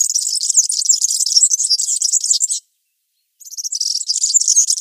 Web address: Schulze Peter European Serin song